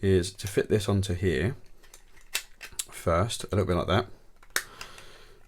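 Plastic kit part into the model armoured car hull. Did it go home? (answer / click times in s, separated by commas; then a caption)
yes / 4.6 s. Someone talks while pressing a plastic part onto the hull of a Dragon Black Label 1:35 scale Saladin British armoured car kit, ahead of gluing the front armour panel on. A few small taps sound around 1.9–2.8 s, then a sharp, distinct click at 4.6 s as the part seats into place.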